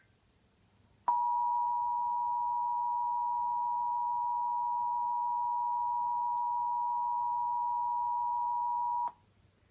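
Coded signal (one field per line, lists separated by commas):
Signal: Emergency Alert System (SAME) tones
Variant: 853 and 960 Hz attention tone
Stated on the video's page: Required Monthly Test received on television during a news broadcast commercial break.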